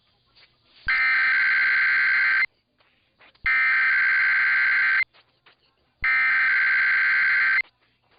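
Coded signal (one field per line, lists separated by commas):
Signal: Emergency Alert System (SAME) tones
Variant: header bursts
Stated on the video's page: Weekly EAS tests from AM broadcast stations.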